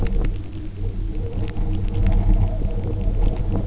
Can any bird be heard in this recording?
no